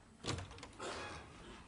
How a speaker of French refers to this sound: La porte!